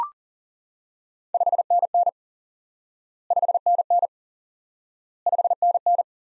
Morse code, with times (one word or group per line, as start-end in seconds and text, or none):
1.3-2.1 5NN
3.3-4.1 5NN
5.3-6.0 5NN